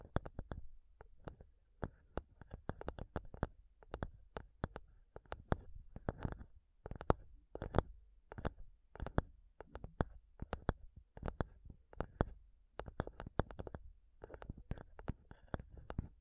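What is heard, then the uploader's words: Fingernails tap and knock on a microphone in quick, uneven bursts, with sharp clicky hits following each other several times a second and brief pauses between clusters. Each tap is crisp with a dull low thud underneath. ASMR INTENSE MIC TAPPING Sounds Using Nails (no talking).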